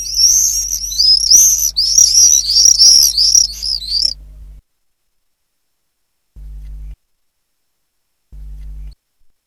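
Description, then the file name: Common swift screams, shrill buzzy trilled notes in a rapid series for about four seconds, then silence broken by two short low hums. "apus apus"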